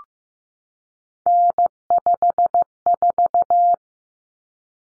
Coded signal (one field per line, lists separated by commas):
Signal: Morse code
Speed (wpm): 15 wpm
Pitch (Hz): 700 Hz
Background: none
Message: N54